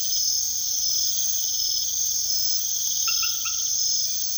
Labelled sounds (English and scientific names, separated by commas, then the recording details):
none
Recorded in secondary vegetation near Puerto Asís, Putumayo, Colombia, on 18 February 2024 at 03:30
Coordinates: 0.500, -76.326
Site G6428